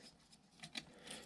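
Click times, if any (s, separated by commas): 0.8 s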